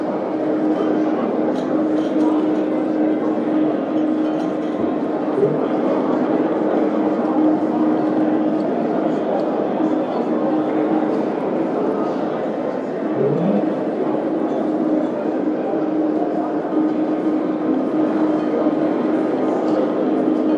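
Casino ambience: a steady, dense wash of murmuring voices and machine noise that never lets up. A constant low hum drones underneath throughout, with brief blips of sound near 5 and 13 seconds and faint scattered clicks and chimes above.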